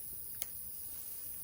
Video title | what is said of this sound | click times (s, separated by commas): Solo Backpacking Under A Tarp In The Rain | pull it all the way until you hear the click | 0.4 s